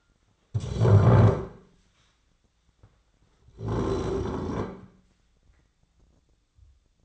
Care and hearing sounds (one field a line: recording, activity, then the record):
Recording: daily activity, microphone in the room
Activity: stand up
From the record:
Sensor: 3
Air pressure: 1009.2 hPa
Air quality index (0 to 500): 184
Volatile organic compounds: 3 ppm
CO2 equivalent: 1485 ppm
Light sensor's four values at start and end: 49/125/55/56 and 47/120/53/55